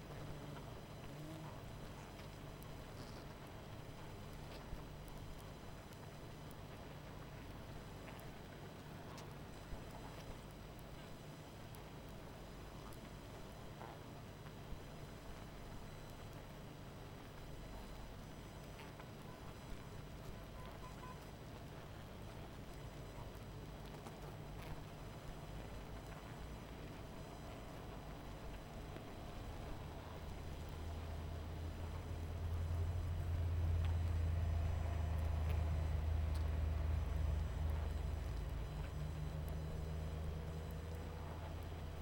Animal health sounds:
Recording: honeybee colony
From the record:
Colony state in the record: missing queen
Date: 14 July 2017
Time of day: 21:30

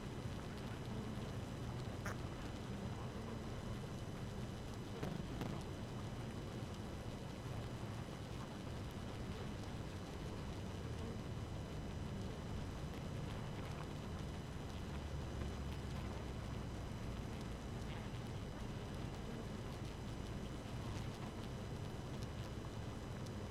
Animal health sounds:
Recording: honeybee colony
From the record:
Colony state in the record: active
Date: 12 June 2018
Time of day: 5:12

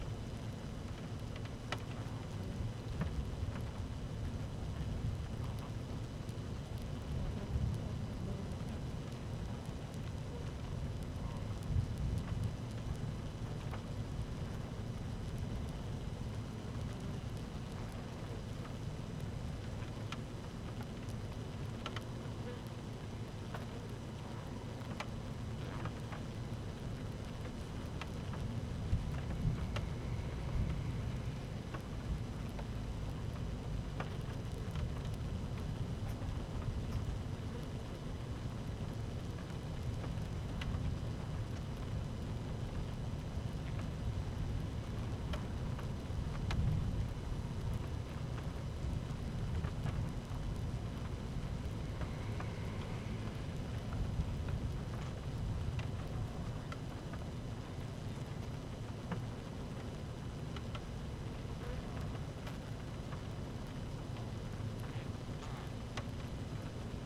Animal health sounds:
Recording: honeybee colony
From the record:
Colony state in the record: active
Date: 12 June 2018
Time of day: 13:20

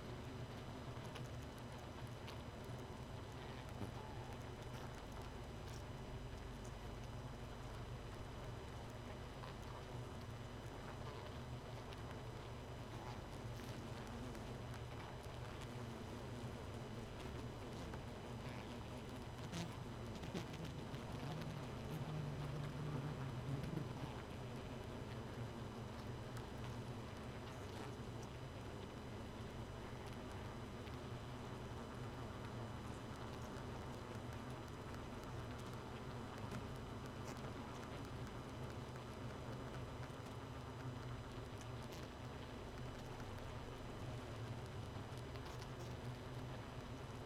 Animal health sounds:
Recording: honeybee colony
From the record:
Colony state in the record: missing queen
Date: 31 May 2018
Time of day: 1:24

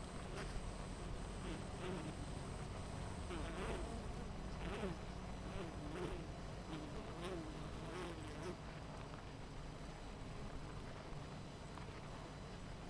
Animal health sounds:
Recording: honeybee colony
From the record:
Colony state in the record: missing queen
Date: 14 July 2017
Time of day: 9:15

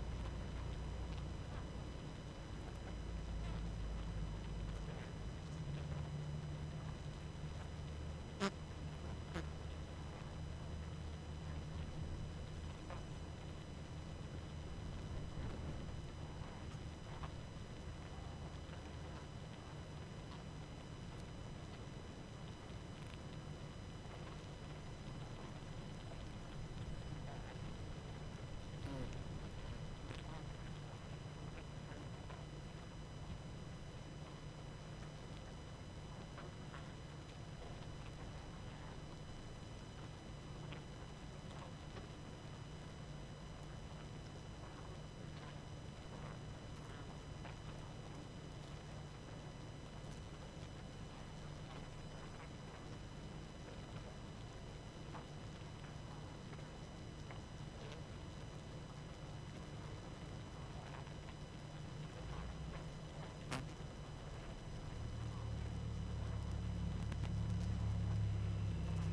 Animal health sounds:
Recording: honeybee colony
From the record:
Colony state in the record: active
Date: 12 June 2018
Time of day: 21:17

